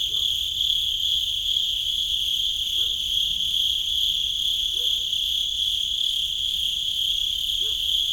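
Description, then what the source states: Cricket giving a continuous high, even trill, with a few soft low sounds at intervals beneath it. At Sakhalvasho, Georgia.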